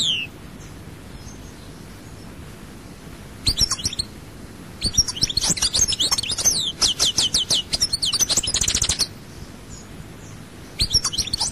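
European goldfinch song: after a quiet start, scattered high chips lead into a rapid run of clicking, twittering notes, then silence and a brief restart.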